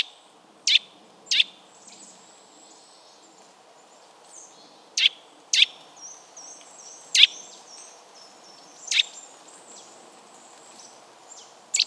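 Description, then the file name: Eurasian nuthatch calls: single sharp notes given singly or in pairs at irregular intervals. "Sitta europaea"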